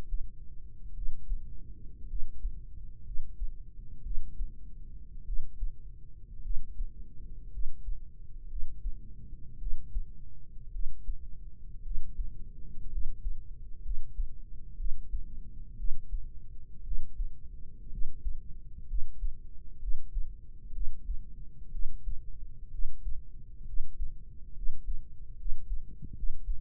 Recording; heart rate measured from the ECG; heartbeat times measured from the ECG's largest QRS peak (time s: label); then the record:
heart sounds by microphone in the right ear; 60 bpm
0.92 s: heartbeat
2.06 s: heartbeat
3.02 s: heartbeat
4.01 s: heartbeat
5.23 s: heartbeat
6.40 s: heartbeat
7.49 s: heartbeat
8.46 s: heartbeat
9.57 s: heartbeat
10.70 s: heartbeat
11.81 s: heartbeat
12.88 s: heartbeat
13.80 s: heartbeat
14.75 s: heartbeat
15.75 s: heartbeat
16.82 s: heartbeat
17.88 s: heartbeat
18.86 s: heartbeat
19.78 s: heartbeat
20.71 s: heartbeat
21.70 s: heartbeat
22.69 s: heartbeat
23.64 s: heartbeat
24.53 s: heartbeat
25.35 s: heartbeat
26.13 s: heartbeat
From the record:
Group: healthy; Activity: rest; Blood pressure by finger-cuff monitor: 117/73 mmHg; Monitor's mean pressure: 86 mmHg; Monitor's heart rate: 56 bpm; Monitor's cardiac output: 4.9 L/min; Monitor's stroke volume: 86 mL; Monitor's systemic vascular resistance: 1340 dyn s/cm5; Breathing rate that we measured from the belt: 11 breaths a minute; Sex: female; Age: 23 years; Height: 160 cm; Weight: 50.4 kg